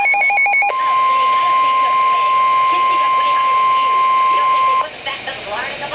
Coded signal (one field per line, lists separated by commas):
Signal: Emergency Alert System (SAME) tones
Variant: 1050 Hz attention tone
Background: speech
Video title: Special Marine Warning (EAS #818)